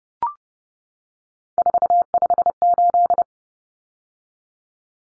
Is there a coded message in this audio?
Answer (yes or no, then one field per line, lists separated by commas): yes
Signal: Morse code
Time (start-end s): 1.6-3.2 s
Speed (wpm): 30 wpm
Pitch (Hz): 700 Hz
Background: none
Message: 458